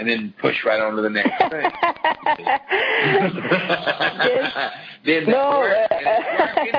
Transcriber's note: laugh